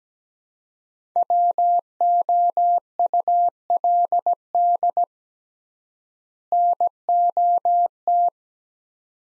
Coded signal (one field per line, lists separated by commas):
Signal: Morse code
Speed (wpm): 17 wpm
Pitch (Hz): 700 Hz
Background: none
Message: WOULD NOT